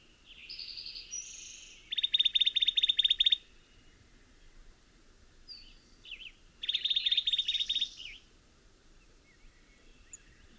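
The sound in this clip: Bird song: high whistled notes lead into a rapid, buzzy trill lasting about a second and a half, repeated once after a pause of several seconds, over faint low background rumble.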